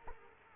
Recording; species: mosquito wingbeat signal from an infrared sensor; Culex quinquefasciatus